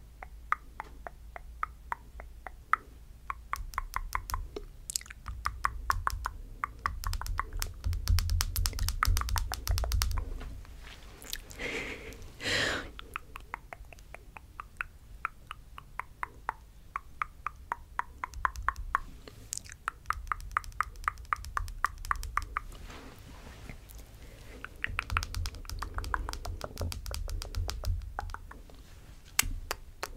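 Rapid, crisp tapping and clicking, coming in dense flurries with brief pauses between them. A soft brushing swish cuts in around the middle, and a low muffled rumble sits underneath during some stretches.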